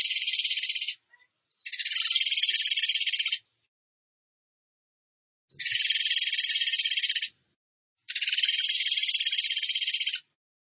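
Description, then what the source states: Bird song: four high, rapid rattling trills of even pulses, each up to two seconds, with a long pause in the middle. Training song (masteran) for teaching songbirds, in the tembakan gacor style.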